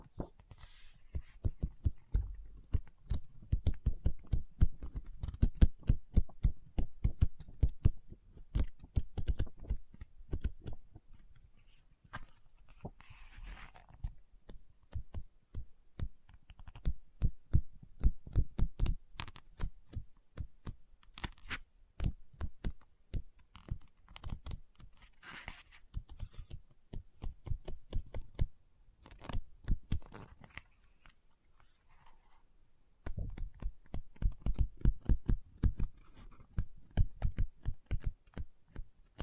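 Fingers tap a book in fast, irregular bursts with short pauses, plus a few soft brushing sounds around 13 and 26 seconds.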